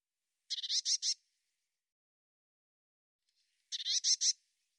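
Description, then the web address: Eurasian blue tit call: two short bursts of harsh, buzzy churring notes about three seconds apart, with silence between. "cianscape birddata Deverinetal 2025 File cleaned normalized Bird Cy Ca"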